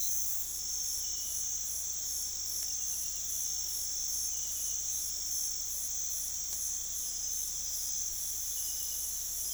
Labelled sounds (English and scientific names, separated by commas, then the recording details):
none
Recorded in pastures near Puerto Asís, Putumayo, Colombia, on 21 December 2024 at 02:30
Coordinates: 0.487, -76.322
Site GP09